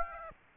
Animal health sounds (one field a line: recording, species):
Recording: mosquito wingbeat signal from an infrared sensor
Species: Aedes aegypti